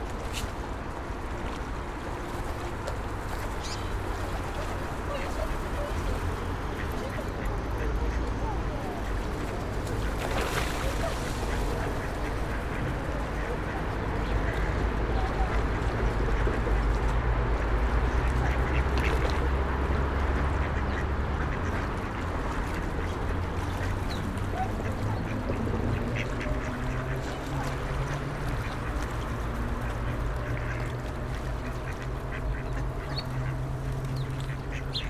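Ducks quack amid steady outdoor bustle, with a low engine hum swelling midway and faint voices and clatter scattered throughout.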